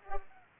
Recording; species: mosquito wingbeat signal from an infrared sensor; Culex pipiens